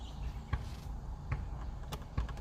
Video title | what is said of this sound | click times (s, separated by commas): BMW - Avinusa 10.25" Multimedia Nav System INSTALLATION on an M235i | then this is going to go right here hear it click one two three | 0.5 s, 1.3 s, 1.9 s